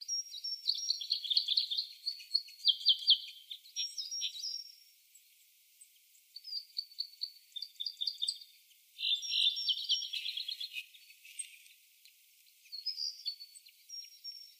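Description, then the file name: Red crossbill producing bursts of quick high chattering notes and short trills, separated by pauses of a second or two. "Loxia curvirostra"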